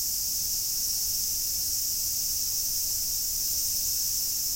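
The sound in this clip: Cicada buzzing in an unbroken, even high-pitched drone with no other clear sounds.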